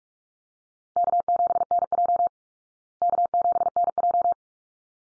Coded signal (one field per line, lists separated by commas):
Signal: Morse code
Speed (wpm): 44 wpm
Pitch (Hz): 700 Hz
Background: none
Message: K7NJ K7NJ